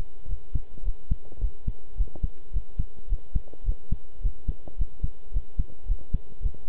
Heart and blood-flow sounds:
heart sounds by stethoscope; between the tricuspid and mitral areas; 108 bpm
0.28 s: heartbeat
0.84 s: heartbeat
1.41 s: heartbeat
1.97 s: heartbeat
2.53 s: heartbeat
3.09 s: heartbeat
3.65 s: heartbeat
4.22 s: heartbeat
4.78 s: heartbeat
5.33 s: heartbeat
5.87 s: heartbeat
6.42 s: heartbeat
From the record:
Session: pedaling a stationary bicycle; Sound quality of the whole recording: good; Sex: male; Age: 23 years

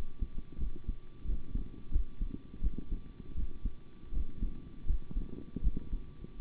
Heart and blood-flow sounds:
heart sounds by stethoscope; between the tricuspid and mitral areas; 83 bpm
0.57 s: heartbeat
1.24 s: heartbeat
1.91 s: heartbeat
2.61 s: heartbeat
3.34 s: heartbeat
4.12 s: heartbeat
4.85 s: heartbeat
5.62 s: heartbeat
6.39 s: heartbeat
From the record:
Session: rest, sitting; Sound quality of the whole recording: good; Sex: male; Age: 25 years

